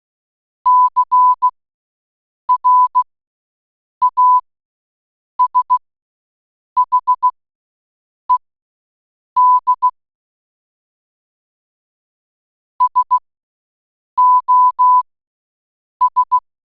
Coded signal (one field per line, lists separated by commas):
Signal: Morse code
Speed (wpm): 16 wpm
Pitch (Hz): 1000 Hz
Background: none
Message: CRASHED SOS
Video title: DEN MEETING MONDAY E1: Morse Code (-- --- .-. ... . / -.-. --- -.. .)